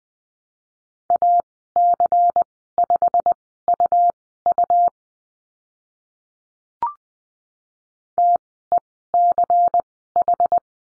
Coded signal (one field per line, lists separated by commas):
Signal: Morse code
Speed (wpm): 20 wpm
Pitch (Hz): 700 Hz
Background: none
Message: AC5UU TECH